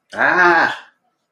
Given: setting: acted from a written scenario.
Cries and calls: vocal sound without words; fear

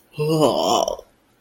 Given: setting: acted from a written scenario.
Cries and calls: vocal sound without words; disgust

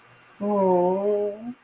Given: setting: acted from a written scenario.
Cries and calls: vocal sound without words; romantic love

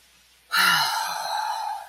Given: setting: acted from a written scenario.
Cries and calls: vocal sound without words; disappointment

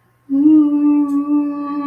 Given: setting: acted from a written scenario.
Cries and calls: vocal sound without words; embarrassment

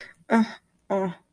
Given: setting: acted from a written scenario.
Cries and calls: vocal sound without words; distress

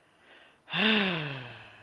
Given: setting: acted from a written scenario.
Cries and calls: vocal sound without words; pride

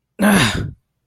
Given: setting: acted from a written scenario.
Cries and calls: vocal sound without words; anger

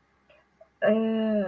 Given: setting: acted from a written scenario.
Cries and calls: vocal sound without words; guilt

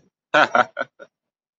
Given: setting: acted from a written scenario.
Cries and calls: vocal sound without words; amusement

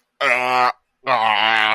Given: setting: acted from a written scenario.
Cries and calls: vocal sound without words; disgust

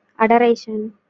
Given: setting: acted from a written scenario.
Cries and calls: vocal sound without words; adoration

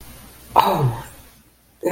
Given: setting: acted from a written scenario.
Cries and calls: vocal sound without words; positive surprise

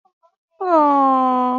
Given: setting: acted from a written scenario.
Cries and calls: vocal sound without words; adoration

